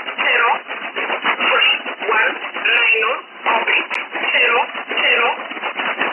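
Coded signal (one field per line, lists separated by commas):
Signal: numbers station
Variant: E11 Oblique, English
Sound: a voice over a narrow radio channel speaking short words separated by brief pauses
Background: radio static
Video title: 16 09 2017 Numbers station E11 Oblique in English to Eu 0806 on 9200 unknown tx site in USB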